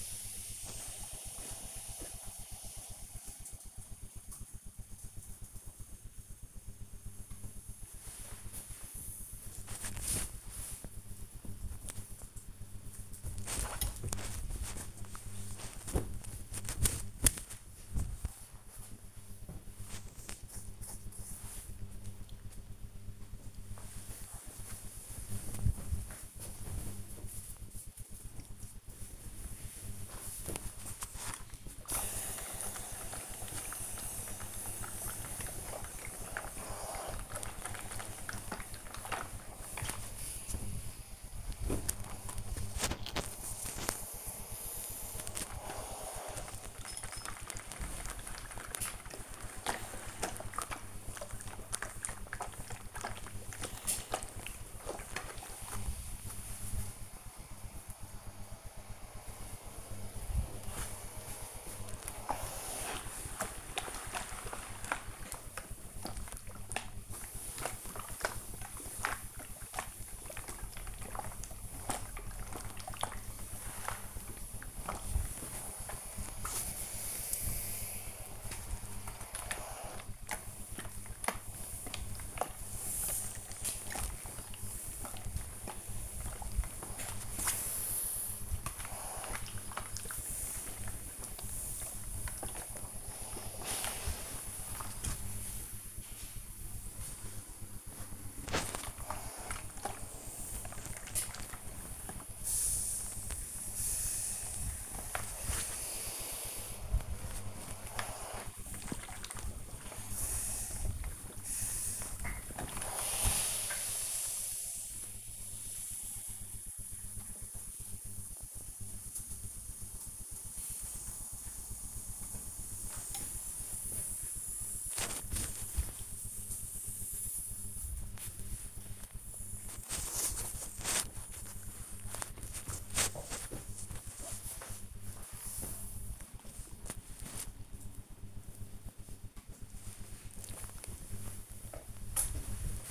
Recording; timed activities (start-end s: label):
household activities, microphone on the right wrist
6.99-19.03 s: folding laundry
23.05-116.36 s: ironing laundry
121.38-135.43 s: folding laundry
138.44-142.91 s: ironing laundry